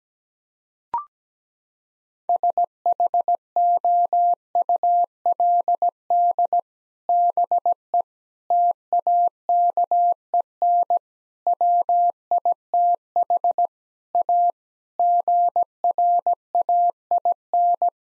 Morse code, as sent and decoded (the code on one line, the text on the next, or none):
... .... --- ..- .-.. -.. / -... . / - .- -.- . -. / .-- .. - .... / .- / --. .-. .- .. -.
SHOULD BE TAKEN WITH A GRAIN